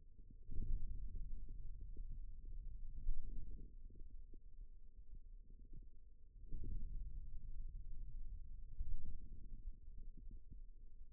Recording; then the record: forearm muscle sounds (acoustic myography)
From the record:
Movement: ulnar deviation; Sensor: system 2, bracelet of six BSWA MPA416 microphones around the upper forearm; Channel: 1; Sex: male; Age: 22 years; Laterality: right